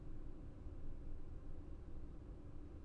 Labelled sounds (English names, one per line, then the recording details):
none
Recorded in Germany
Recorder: ecoPi